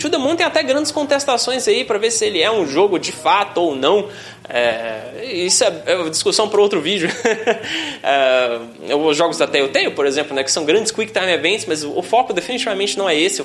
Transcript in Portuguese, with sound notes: O To the Moon tem até grandes contestações aí pra ver se ele é um jogo de fato ou não. Eh, isso é discussão pra outro vídeo. [risos] Eh, os jogos da Telltale, por exemplo, né, que são grandes quick time events, mas o foco definitivamente não é esse.